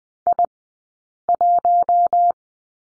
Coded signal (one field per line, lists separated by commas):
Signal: Morse code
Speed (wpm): 20 wpm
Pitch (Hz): 700 Hz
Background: none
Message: I 1